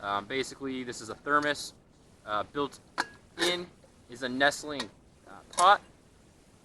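Someone talks while handling a 20 oz metal nesting pot that is being fitted onto a steel Stanley thermos, where it is meant to clip, nestle in and lock into place. Only speech is heard, with no distinct click, and the pot has not yet seated or clicked into place by the end of the clip.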